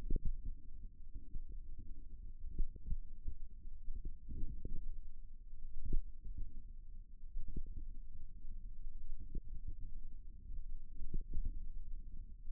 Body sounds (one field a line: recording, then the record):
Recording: forearm muscle sounds (acoustic myography)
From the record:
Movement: finger pinch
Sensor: system 1, eight BSWA MPA416 microphones around the upper forearm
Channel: 8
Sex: female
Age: 21 years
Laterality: right